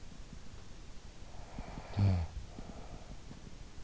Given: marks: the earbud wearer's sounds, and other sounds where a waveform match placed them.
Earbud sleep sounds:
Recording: sounds in sleep by an in-ear microphone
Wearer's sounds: snoring breath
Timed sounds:
0.77-3.80 s: snoring breath

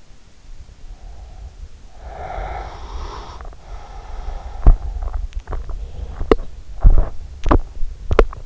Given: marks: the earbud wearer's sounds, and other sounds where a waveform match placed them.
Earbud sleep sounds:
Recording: sounds in sleep by an in-ear microphone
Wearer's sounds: breath, teeth grinding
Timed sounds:
0.53-5.23 s: breath
4.53-8.46 s: teeth grinding

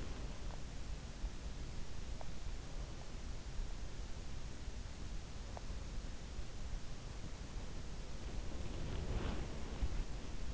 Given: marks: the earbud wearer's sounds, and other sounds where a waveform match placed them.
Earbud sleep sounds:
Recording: sounds in sleep by an in-ear microphone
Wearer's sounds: body movement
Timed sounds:
0.00-0.75 s: body movement
8.35-10.54 s: body movement

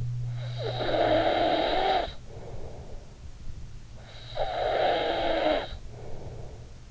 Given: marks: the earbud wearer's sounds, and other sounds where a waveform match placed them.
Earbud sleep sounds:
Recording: sounds in sleep by an in-ear microphone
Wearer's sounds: snoring breath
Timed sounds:
0.00-3.26 s: snoring breath
3.68-6.86 s: snoring breath

